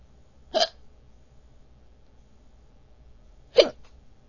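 Two short, abrupt hiccups in an adult, about three seconds apart, each a sharp catch in the throat over a quiet background. The sounds match ordinary hiccups, involuntary spasms of the diaphragm with sudden closure of the vocal cords.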